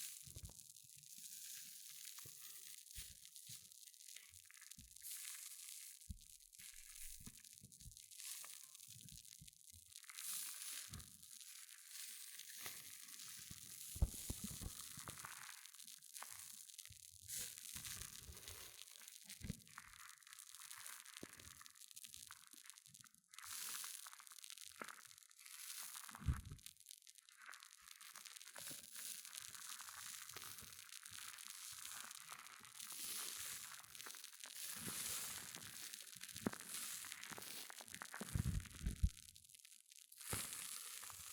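Hair mousse fizzes in a dense, steady crackle of bright tiny pops, with louder crunchy bursts breaking through every few seconds throughout.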